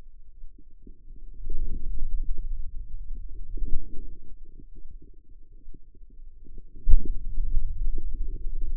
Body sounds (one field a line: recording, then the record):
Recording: forearm muscle sounds (acoustic myography)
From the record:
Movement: pen grasping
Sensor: system 2, bracelet of six BSWA MPA416 microphones around the upper forearm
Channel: 6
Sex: female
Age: 25 years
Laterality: right